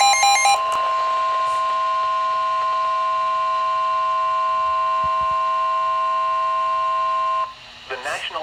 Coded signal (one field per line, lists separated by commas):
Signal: Emergency Alert System (SAME) tones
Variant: 1050 Hz attention tone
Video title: Eas special Marie warning for Chesapeake bay